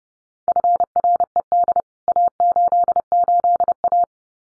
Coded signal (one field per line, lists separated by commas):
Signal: Morse code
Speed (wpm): 29 wpm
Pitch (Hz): 700 Hz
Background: none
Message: FRED A88A